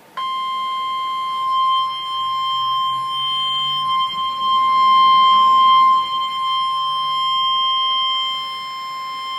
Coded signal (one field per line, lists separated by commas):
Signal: Emergency Alert System (SAME) tones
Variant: 1050 Hz attention tone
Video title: EAS #15-16 (DOUBLE HEADER): 2 Severe Thunderstorm Warnings - June 28, 2013 1:12 PM